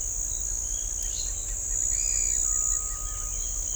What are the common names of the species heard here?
Black-crested Antshrike, Pale-eyed Pygmy Tyrant